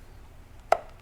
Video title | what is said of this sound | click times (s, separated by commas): Benelli Super Black Eagle 3 Complete Walk-Through: Unboxing, Assembly, Disassembly, Cleaning & More | and snap into place | 0.7 s